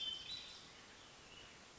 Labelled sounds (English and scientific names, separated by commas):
Hermit Thrush (Catharus guttatus)